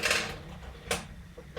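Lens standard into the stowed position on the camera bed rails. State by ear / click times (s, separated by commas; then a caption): seated / 0.9 s. On a folding press camera, the lens standard is pushed back along its metal rails on the camera bed, with a brief sliding, scraping rush at the start. At 0.9 s it locks into its stowed position with a sharp click so the camera can be folded away, followed by a fainter tap at the very end.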